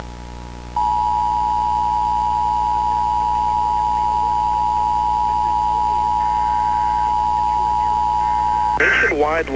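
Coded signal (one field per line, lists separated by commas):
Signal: Emergency Alert System (SAME) tones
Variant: 853 and 960 Hz attention tone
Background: speech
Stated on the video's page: Fictional EAS scenario depicting a hijacked national test.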